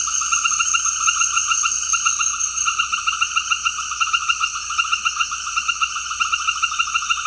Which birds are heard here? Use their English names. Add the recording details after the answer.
none. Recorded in dense forest near Puerto Asís, Putumayo, Colombia, on 18 February 2024 at 18:00. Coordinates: 0.485, -76.318. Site G6408